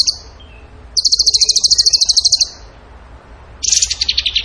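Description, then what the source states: Songbird delivering a fast, even trill lasting over a second, then a short pause and a second rapid trill that slightly descends. Masteran training recording, tembakan gacor song style.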